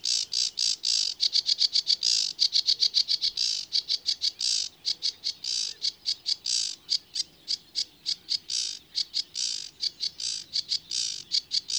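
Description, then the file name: Sedge warbler song: a long, hurried chatter of dry, scratchy notes, fast repeated churrs and buzzy trills running on without pause, varying in tempo throughout. "Rietzanger"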